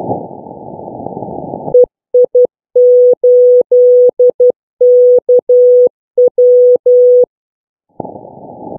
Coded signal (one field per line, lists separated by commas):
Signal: Morse code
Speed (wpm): 13 wpm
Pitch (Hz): 490 Hz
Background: none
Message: EI8KW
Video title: CW Contact with 11 year old Ryan, EI8KW and Robbie, Ei2iP.